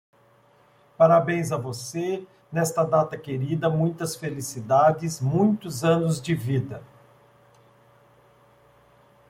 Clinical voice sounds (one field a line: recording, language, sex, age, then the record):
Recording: short text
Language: Brazilian Portuguese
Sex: male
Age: 50 to 59 years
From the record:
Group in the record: control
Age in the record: 57 years